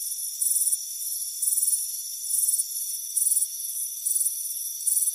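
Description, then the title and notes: Cricket chirping: short, bright trilled bursts recurring regularly, layered over a steady high hum. Warm afternoon, relaxing in a hammock on a front porch. "Soothing Crickets Chirping Sound. It's a warm afternoon as you relax in a hammock on the front porch. Relax and fall asleep to the soothing sound of chirping crickets. Deep Sleep Sounds"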